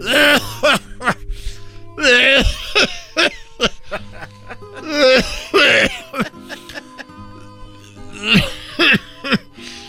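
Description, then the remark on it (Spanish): A person coughs over and over in harsh, raspy bursts, mixed with gravelly throat clearing and short strained vocal sounds, the fits coming in irregular clusters across the whole stretch. “Si no sabes que es bueno para la para la tos porque tengo mucha tengo mucha tos.”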